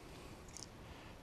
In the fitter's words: that just snaps back in the end like that.